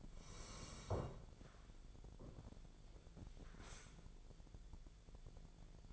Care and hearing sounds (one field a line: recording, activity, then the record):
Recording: daily activity, microphone in the room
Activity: sit down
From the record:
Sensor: 5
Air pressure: 1000.5 hPa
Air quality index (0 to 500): 148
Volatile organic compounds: 2 ppm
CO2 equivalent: 1149 ppm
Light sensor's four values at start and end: 47/111/46/49 and 47/111/46/49